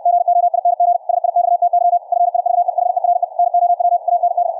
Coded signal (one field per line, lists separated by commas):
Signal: Morse code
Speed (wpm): 64 wpm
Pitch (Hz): 710 Hz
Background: none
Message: GOING SIXTY FIVE HERE NOW AND